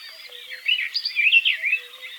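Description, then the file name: Barred warbler: a short scratchy warbled phrase of quick jumbled notes, about a second long, with faint low notes behind it. "slavka jastrebinaja"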